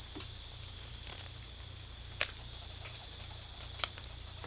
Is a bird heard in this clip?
no